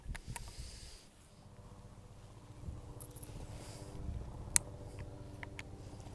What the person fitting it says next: When you hear those little clicks, sometimes that's a good indication that you're getting to good levels of tightness.